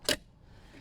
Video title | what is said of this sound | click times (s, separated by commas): This Bike Goes the Distance, Fiido Titan Review: Plus Helmet Giveaway | just switch them out, slap that down there at the bottom, hear it click, you're good to go. | 0.1 s